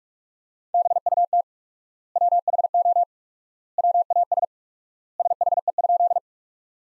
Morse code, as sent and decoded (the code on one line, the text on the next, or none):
-... ..- - / .-- .... --- / .-- .- ... / ... .... . ..--..
BUT WHO WAS SHE?